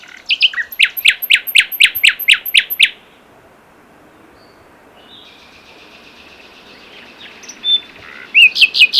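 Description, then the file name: Common nightingale song with a rapid run of about ten loud, repeated, sharp notes, a quiet pause, then another burst of the same notes starting. "Luscinia megarhynchos"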